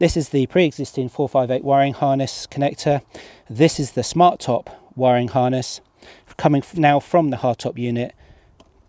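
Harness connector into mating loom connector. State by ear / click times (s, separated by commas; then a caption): seated / 8.6 s. A man talks while holding the Ferrari 458's existing wiring harness connector and the SmarTOP hardtop wiring harness connector. At 8.6 s, after the talking stops, a short, faint click is heard as the two connectors are joined and seat firmly together.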